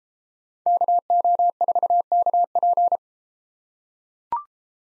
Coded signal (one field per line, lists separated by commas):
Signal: Morse code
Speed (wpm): 30 wpm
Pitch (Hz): 700 Hz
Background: none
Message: KO4KP